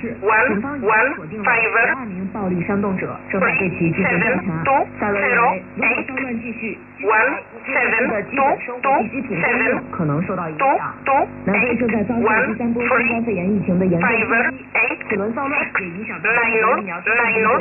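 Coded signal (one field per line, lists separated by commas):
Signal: numbers station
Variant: E11 Oblique, English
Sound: a voice reading short, evenly paced words over a narrowband radio channel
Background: radio static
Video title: 14 07 2021 Number station E11 Oblique in English to Eu 0646 on 15800 unknown tx site in USB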